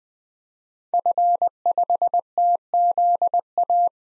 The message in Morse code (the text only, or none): F5TZA